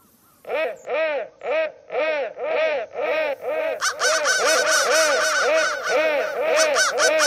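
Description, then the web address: Crow caws, harsh arched notes repeated about twice a second, then thickening into a dense, layered stutter of overlapping calls. Processed crow calls. "soundfactory crow"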